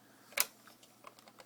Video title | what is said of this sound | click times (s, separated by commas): RCA camcorder | you got a click | 0.4 s